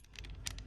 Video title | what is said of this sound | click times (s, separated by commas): How to install the three piece air gun hose to clean my truck | See that little click? | 0.5 s